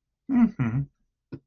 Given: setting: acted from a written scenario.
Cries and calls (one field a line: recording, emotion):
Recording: vocal sound without words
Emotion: neutral